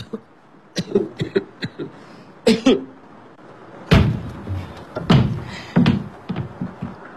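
A wooden milking stool, brought in from the kitchen, is set down with a string of hollow knocks and thuds, some light taps and a few heavier clunks, irregularly spaced over several seconds.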